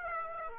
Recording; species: mosquito wingbeat signal from an infrared sensor; Aedes aegypti